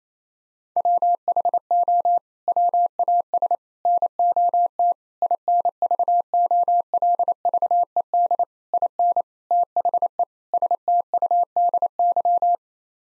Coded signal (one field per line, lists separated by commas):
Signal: Morse code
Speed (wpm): 28 wpm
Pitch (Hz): 700 Hz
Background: none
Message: WHO WAS NOT INVOLVED IN THE STUDY